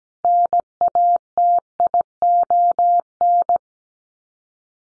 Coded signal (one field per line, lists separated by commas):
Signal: Morse code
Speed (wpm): 17 wpm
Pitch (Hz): 700 Hz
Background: none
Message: NATION